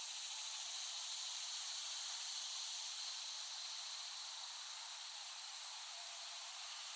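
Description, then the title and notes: Many cicadas buzz together in a steady high whine, level and continuous, with no other clear sounds. Cicadas in West Brighton, Staten Island, late summer 2008, by Dan Bodah. "Dronecast No. 021: The Cicadas of Summer. Recording of cicadas made by Dan Bodah in West Brighton, Staten Island, late summer 2008"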